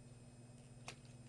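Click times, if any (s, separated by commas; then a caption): 0.9 s. The plastic chest piece of a custom transforming action figure is folded down into the torso and pushed until it snaps into place. A sharp snap is heard at 0.9 s over a steady low hum, confirming the chest piece is seated.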